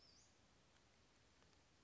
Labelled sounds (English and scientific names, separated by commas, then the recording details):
Western Flycatcher (Empidonax difficilis)
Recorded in Sonoma County, California